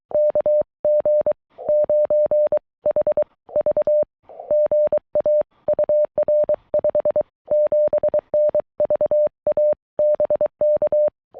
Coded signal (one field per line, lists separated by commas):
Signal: Morse code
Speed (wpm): 23 wpm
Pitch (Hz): 600 Hz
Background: none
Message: KG9HV GA UR 57N VA BK